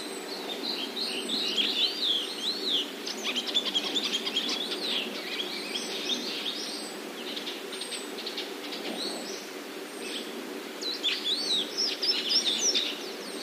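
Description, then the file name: Chestnut-cheeked starling chatter, dense squeaky and wavering notes running throughout over a low background hum. "komuku"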